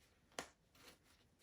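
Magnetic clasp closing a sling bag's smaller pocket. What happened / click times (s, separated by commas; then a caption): The small clasp snapped shut / 0.4 s. A magnetic clasp on the smaller pocket of a Pakt 5L sling bag snaps closed with a short, sharp click at 0.4 s, and the pocket is now secured. Faint rustling follows, and no one speaks in the clip.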